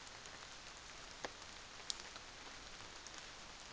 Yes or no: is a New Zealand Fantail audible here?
no